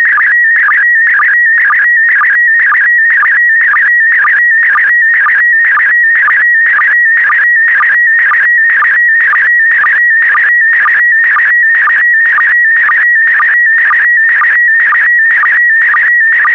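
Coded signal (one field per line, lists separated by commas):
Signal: SSTV (slow-scan television)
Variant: PD120 mode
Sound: continuous warbling tone with a rhythmic chirp twice per second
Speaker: complete you can now check your decoded image against the picture that is shown on the video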